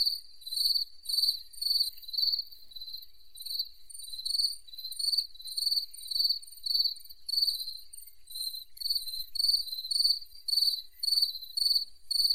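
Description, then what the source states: A chorus of crickets giving shrill, pulsing chirps in quick repeated bursts, about two per second, with no other sounds standing out. Crickets calling by a lake.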